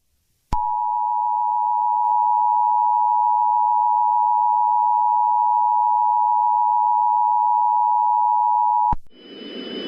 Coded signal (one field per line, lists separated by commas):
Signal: Emergency Alert System (SAME) tones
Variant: 853 and 960 Hz attention tone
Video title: The Caillou-25 Virus Pandemic, An EAS Scenario #easscenario #pandemics #scary